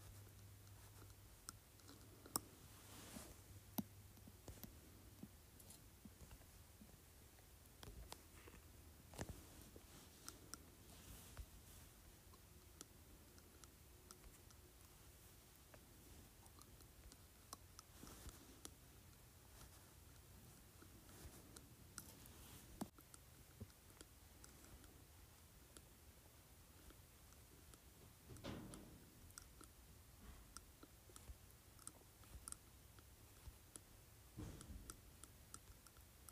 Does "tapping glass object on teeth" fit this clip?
yes